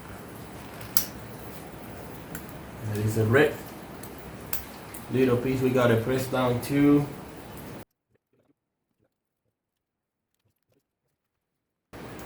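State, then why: Not seated. During an oil filter housing replacement on a 2011 to 2016 Town & Country, someone handles the red plastic position-assurance lock on an engine wiring connector, which is to be pressed down after the plug is seated. Someone talks over a few short, sharp handling taps near 1.0, 2.4 and 4.5 seconds, then the sound drops to near silence from about 7.8 to 11.9 seconds. Nothing has seated or clicked yet; the lock is not yet pressed home.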